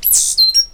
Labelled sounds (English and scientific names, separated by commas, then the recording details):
Stitchbird (Notiomystis cincta) song
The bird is a male
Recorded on Tiritiri Matangi Island, New Zealand, in 2005
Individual 8, of nest box 10